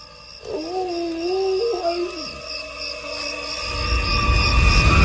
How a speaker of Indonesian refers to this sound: Suara binatang itu muncul lagi. Sesekali ku dengar dia seperti melolong.